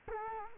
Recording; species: mosquito wingbeat signal from an infrared sensor; Culex quinquefasciatus